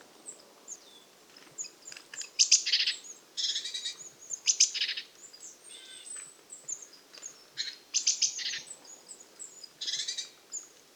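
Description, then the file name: Eurasian blue tit scolding: harsh, buzzy churring bursts repeated at irregular intervals, with thin high notes between them. "Cyanistes caeruleus"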